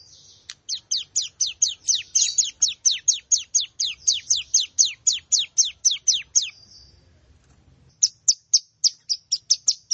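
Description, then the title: Plain prinia song: a long, steady series of high, buzzy notes repeated about four times a second for six seconds, a short break, then the series resumes. "Ciblek Sawah"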